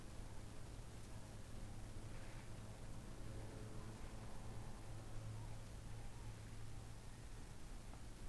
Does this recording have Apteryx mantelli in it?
yes